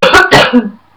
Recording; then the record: coughing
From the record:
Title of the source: Barking cough - # 10